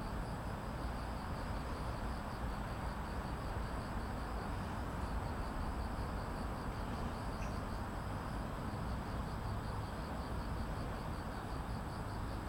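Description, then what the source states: Cricket song, a steady high pulsed trill, with road traffic rumbling loudly beneath the whole time. Evening at Banpo Jugong Apartment Complex 1, Banpo-bon-dong, Seocho-gu, Seoul, South Korea; grass insects with street traffic.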